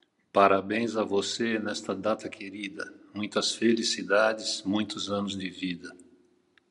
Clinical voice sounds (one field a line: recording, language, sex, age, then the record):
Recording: short text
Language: Brazilian Portuguese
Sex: male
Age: 70 to 79 years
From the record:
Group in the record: control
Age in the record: 74 years